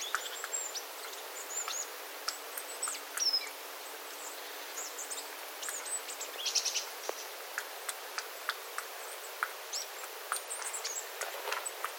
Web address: paivat 9 9 2025 pikkulintuparven aantelya vesi tippuu raystaalta sateen jalkeen